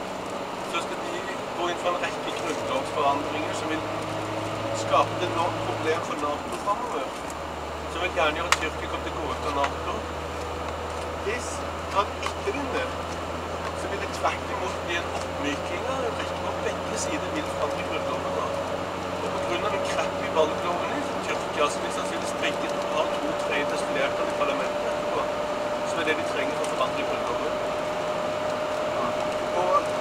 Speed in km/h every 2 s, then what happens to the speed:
49, 52, 54, 53, 55, 57, 59, 61, 63, 64, 66, 67, 68, 69, 70.
0-30 speeds up to 70.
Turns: none.